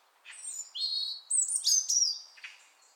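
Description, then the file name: European robin singing a varied phrase of high, sliding whistles and scratchy, twittering notes. "Erithacus rubecula"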